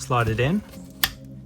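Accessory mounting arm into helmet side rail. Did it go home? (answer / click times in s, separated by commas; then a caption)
yes / 1.0 s. Someone talks as an Ops Core AMP accessory mounting arm, held vertically in line with the helmet side rail, is slotted in and pushed home. A single sharp click sounds at 1.0 s as the arm seats in the rail mount, ready to be rotated into position.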